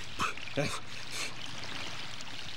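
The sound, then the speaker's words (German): River water flows with a steady, even rushing hiss that fills the whole stretch, while a voice briefly sounds over it near the start before the water carries on alone. “Dass ich mit dem Teppich in dem Fluss hier notwassern konnte.”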